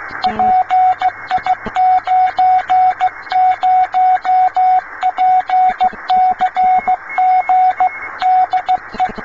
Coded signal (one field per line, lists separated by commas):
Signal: Morse code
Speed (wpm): 15 wpm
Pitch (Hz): 740 Hz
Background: radio noise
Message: PI90PCG DE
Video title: YE90PK - PI90PCG Morse Code Communication, Repeating 1923 Radio Malabar - Radio Kootwijk Part 2 of 2